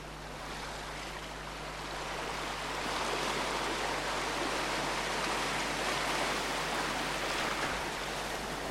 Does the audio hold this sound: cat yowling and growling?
no